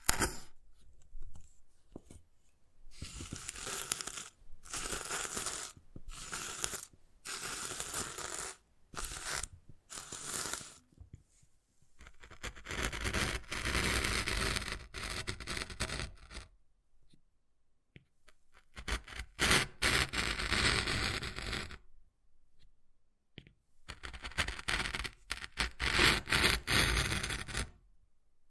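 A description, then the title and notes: Wood carving sounds: rough scraping and tearing strokes cut into wood in bursts lasting a second or several, separated by short silences. Strokes are dense and bright, with longer continuous scraping around the middle and near the end. Wood Carving, Tapping and Scratching Sounds.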